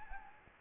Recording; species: mosquito wingbeat signal from an infrared sensor; Anopheles gambiae